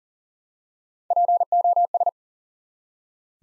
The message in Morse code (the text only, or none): POS